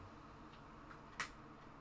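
After a long struggle, a plastic part of a Fanhome Darth Vader model kit (stage 3) is pushed into the figure assembly. A single sharp snap at 1.2 s stands out against a low steady background. The part seats home.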